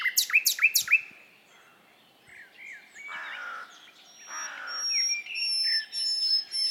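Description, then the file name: Common nightingale song: a few loud, sharp notes in rapid succession, then buzzy rasps and whistled phrases while a thin high steady tone runs alongside. "Luscinia megarhynchos"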